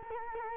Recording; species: mosquito wingbeat signal from an infrared sensor; Culex quinquefasciatus